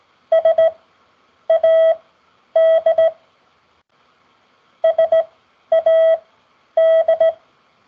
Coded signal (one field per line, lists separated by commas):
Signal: Morse code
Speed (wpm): 17 wpm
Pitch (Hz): 650 Hz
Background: none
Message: SAD SAD